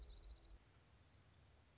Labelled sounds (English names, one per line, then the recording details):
Black-throated Gray Warbler
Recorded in Sonoma County, California